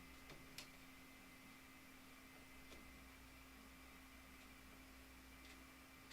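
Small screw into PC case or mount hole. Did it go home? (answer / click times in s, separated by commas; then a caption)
no / 0.6 s. A small screw is driven into a hole in a PC case or mount during a computer build, with a sharp click at 0.6 s over a steady low hum and faint ticks. The screw loses its grip and strips straight out of the hole.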